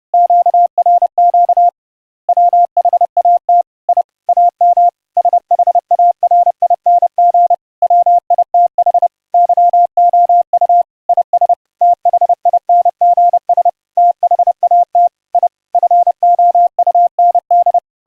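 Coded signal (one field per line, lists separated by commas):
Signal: Morse code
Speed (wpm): 31 wpm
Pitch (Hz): 700 Hz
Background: none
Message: QRQ WHAT I AM SHARING WITH YOU IS THINGS THAT I FOUND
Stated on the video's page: Morse audio tones sent over the internet via a webRTC website, heard unfiltered and with CW regeneration filtering.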